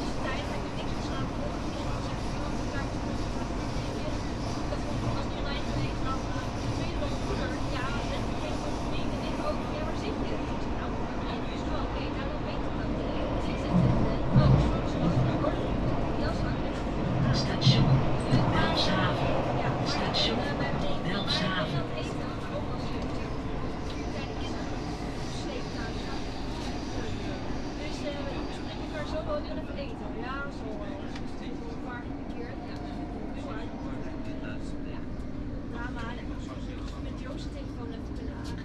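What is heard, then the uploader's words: A Rotterdam metro ride, with a steady low rumble of the train running under a busy mix of voices. Between about 14 and 22 seconds the sound swells with clattering and squealing bursts, then settles back into a quieter, even hum with scattered talk. Metro Rotterdam Coolhaven - Schiedam Centrum.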